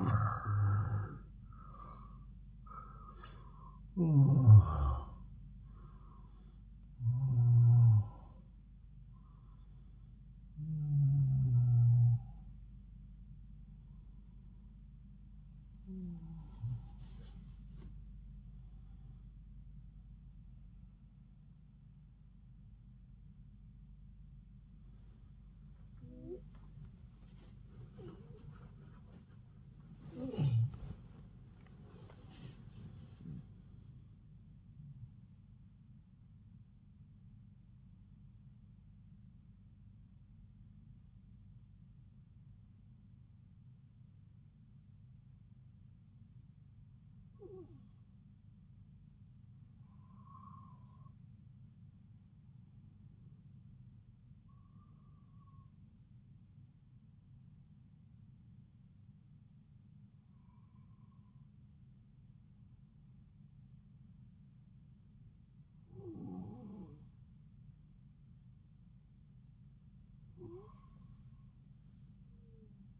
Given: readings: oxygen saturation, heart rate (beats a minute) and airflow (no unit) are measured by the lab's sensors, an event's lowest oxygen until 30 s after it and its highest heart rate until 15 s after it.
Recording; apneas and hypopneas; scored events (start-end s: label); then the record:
breathing in sleep by a smartphone at the bedside; 1
26.00-73.00 s: new sleep stage, N1 (lightest sleep)
35.00-51.80 s: hypopnea (N1, oxygen 98% highest, then 91% lowest)
From the record:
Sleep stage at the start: REM sleep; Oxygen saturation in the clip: 75 to 98%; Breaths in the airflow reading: 14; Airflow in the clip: -10.7 to 12.8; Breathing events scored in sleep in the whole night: 270 in 6.1 hours asleep